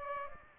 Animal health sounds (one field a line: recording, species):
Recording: mosquito wingbeat signal from an infrared sensor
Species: Aedes aegypti